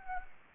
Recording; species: mosquito wingbeat signal from an infrared sensor; Anopheles gambiae